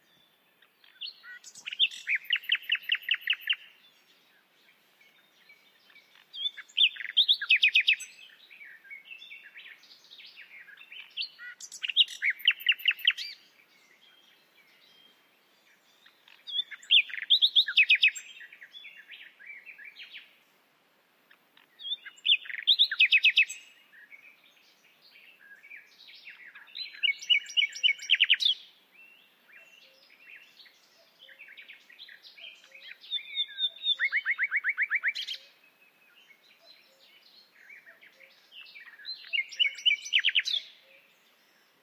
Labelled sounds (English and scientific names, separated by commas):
Common Nightingale (Luscinia megarhynchos) song